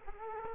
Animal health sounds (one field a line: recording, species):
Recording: mosquito wingbeat signal from an infrared sensor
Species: Culex quinquefasciatus